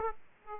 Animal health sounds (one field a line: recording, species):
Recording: mosquito wingbeat signal from an infrared sensor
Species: Aedes aegypti